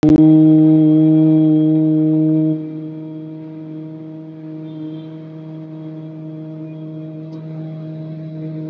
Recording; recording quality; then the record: sustained vowel as in boot; excellent, no background noise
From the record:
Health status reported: recovered from COVID-19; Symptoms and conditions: none ticked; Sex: male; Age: 23 years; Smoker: not ticked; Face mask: not worn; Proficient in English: yes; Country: India